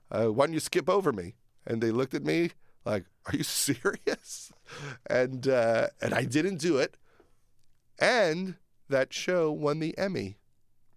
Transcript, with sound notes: why don't you skip over me?
And they looked at me like, are you serious? (Laughter). And I didn't do it. And that show won the Emmy.